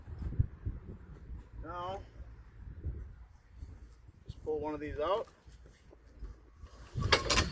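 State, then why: Seated. On a 2019 Viking Epic Series 2108ST pop-up folding trailer, a pull-out bed support rail is pulled out of the trailer frame while someone talks. A sharp, loud snap at 7.1 s marks the rail locking into place, and it is seated.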